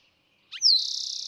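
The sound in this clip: Eastern towhee song: quick opening notes, then a high note sliding down into a rapid, buzzy trill that is still going as it ends.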